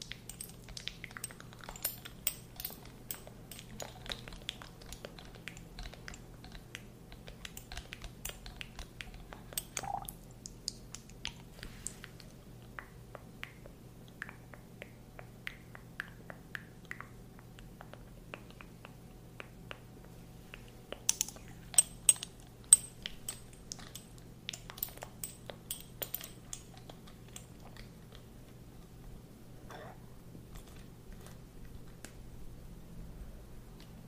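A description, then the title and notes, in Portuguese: Small clicks and ticks from a dropper being handled scatter over a steady low hum, with a denser burst of sharper taps around 21–23 seconds. ASMR focado em sons com o objeto: conta-gotas.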